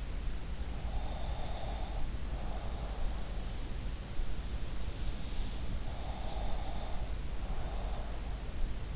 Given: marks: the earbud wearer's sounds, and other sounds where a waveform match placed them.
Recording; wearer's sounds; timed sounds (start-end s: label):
sounds in sleep by an in-ear microphone; breath
0.65-3.71 s: breath
5.95-8.96 s: breath